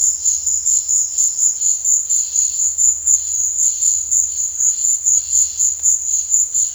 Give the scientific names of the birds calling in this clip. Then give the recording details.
none. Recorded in dense forest near Puerto Asís, Putumayo, Colombia, on 18 February 2024 at 15:00. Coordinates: 0.485, -76.325. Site G6429